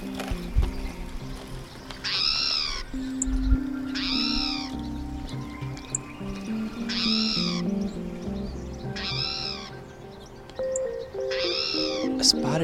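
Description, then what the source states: Spotted towhee mew calls: five drawn-out, cat-like arched notes, each rising then falling, repeated at intervals over soft background music. Mew call recorded in the Boise foothills.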